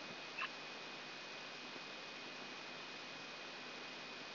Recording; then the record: brain microelectrode recording played as sound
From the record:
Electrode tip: outside the subthalamic nucleus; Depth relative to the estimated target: -6 mm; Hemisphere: right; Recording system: AlphaMap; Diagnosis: Parkinson's disease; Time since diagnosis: 9 years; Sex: male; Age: 68 years